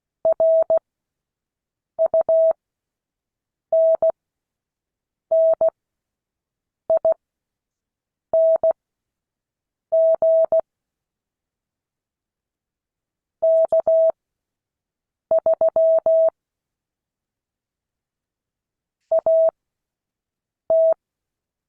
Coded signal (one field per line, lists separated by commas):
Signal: Morse code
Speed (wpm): 16 wpm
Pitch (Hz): 650 Hz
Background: none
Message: RUNNING K3 AT